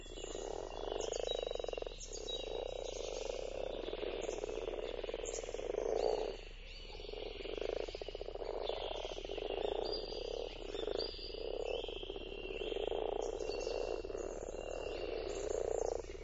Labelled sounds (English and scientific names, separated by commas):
Common Frog (Rana temporaria) call